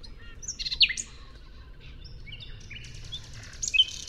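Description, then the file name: Common nightingale: songbird phrase fragments: a few sharp whistled and slurred notes early on, quiet gap, then a buzzy high note and a sharp chirp near the end. "Luscinia megarhynchos"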